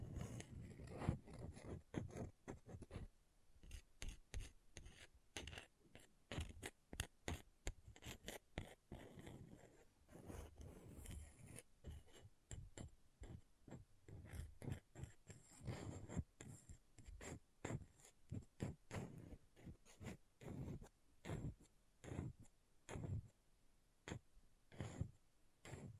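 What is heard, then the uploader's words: An object scratching, repeated as a long run of short, dry scrapes roughly two or three per second, some in quick clusters. Each stroke is rough and gritty, strongest in the low end, with louder bursts near the start and around ten seconds. ASMR Brain Melting Object Scratching (No Talking).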